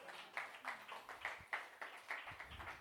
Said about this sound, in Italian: Brava, un applauso per la professoressa!